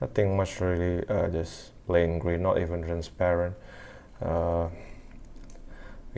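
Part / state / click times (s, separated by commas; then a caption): plastic missile into spring-loaded toy launcher / seated / 6.2 s. Someone talks while a plain green plastic missile is pushed into the figure's spring-loaded launcher on a Hasbro Star Wars Mission Fleet Darth Vader & TIE Advanced toy. A few faint taps follow the speech, and a sharp click at 6.2 s marks the missile latching into place.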